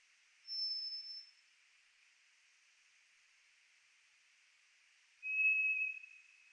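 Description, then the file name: White's thrush song: a high, thin whistle, then a long silence, followed by a lower, fuller drawn-out whistle. No other sounds. Recorded 3 July 2004. "040703 toratugumi"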